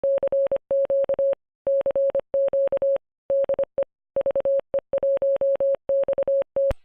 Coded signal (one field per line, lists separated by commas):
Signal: Morse code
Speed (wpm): 25 wpm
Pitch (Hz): 550 Hz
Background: none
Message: CQ CQ DE VE1XT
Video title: Ham Radio: Operating FT8